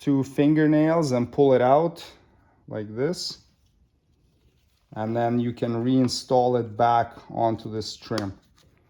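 A plastic retaining clip that stayed in the door body of a 2007–2013 Toyota Tundra is squeezed out with two fingernails and pulled free, then handled for reinstalling onto the front door trim panel while someone talks. Only faint small sounds come near the end, and nothing has seated or clicked yet.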